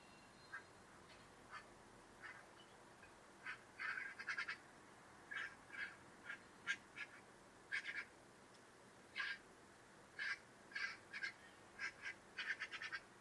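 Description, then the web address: Bird calls: short, harsh, scratchy notes given singly and in quick pairs, scattered irregularly throughout over a low steady background hiss. "Deverinetal 2025 File origin Bird Only"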